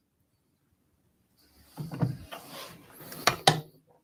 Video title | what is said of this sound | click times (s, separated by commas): 2022 SewingMachinesPlus Countdown To Christmas Day 3 Live Sewing Event | lock it into place we heard it click there 20 seconds | 3.3 s, 3.5 s